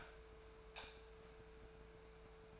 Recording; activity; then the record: daily activity, microphone in the room; light off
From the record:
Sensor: 2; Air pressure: 1014.6 hPa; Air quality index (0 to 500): 186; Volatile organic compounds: 14 ppm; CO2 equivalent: 2467 ppm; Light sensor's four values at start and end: 32/85/36/39 and 28/67/29/32